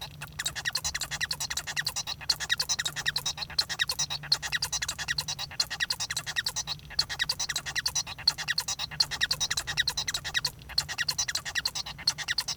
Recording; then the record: song of a male Bengalese finch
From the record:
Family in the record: son of father 1